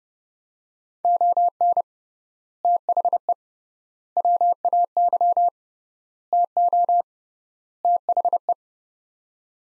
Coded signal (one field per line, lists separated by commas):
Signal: Morse code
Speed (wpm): 30 wpm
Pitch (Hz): 700 Hz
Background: none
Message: ON THE WAY TO THE